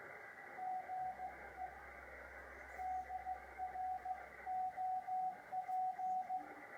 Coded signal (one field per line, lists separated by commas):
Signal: Morse code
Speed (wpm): 15 wpm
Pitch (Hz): 740 Hz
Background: radio noise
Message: GE DROP